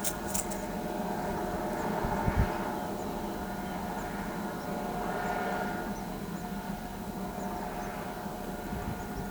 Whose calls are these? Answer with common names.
Tropical Kingbird